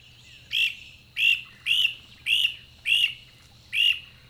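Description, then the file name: Great Crested Flycatcher giving six burry wheep calls at slightly uneven intervals, with a low hum beneath. "Vals GCFL"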